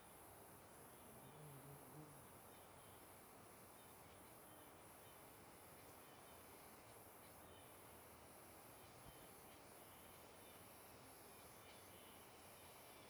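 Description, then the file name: Cicada producing a steady train of very high, short buzzy pulses at an even pace, with a broad noisy hiss underneath throughout. Cicada with an unusual sound, recorded on a riverbank. "Cigarra com Som Diferente na Beira do Rio"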